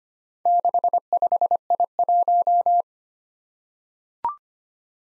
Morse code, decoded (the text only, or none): 65I1